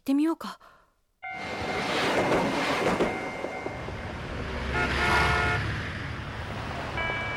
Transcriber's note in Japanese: 過ぎ去る電車の轟音。街のノイズ